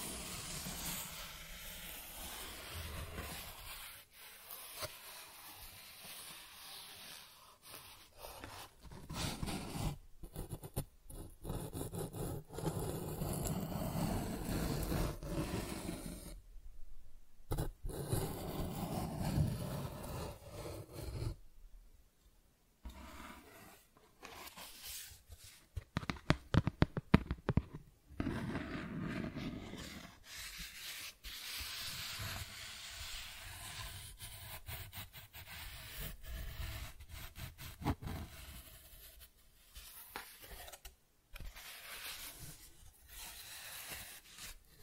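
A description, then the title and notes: Cardboard is scratched and rubbed in uneven bursts, a dry, rasping scrape that starts and stops with short silent gaps around 17 and 22 seconds. A louder, rougher stretch near 26 to 28 seconds sounds like tearing, then steady tracing strokes continue to the end. ASMR Cardboard Scratching, Tracing, Tearing (No Talking).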